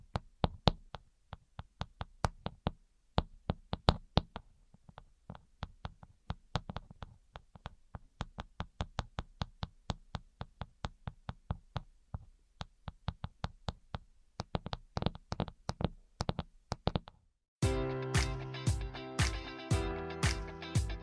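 Tapping in quick, uneven bursts, sharp clicky taps in clusters with short pauses between, no talking. Near the end, around seventeen seconds, it switches to a denser, steadier pattern of brighter taps over a continuous rough hiss.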